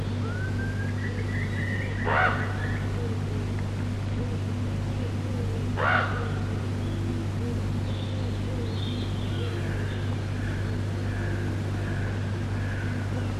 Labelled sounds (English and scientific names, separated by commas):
Common Raven (Corvus corax) flight call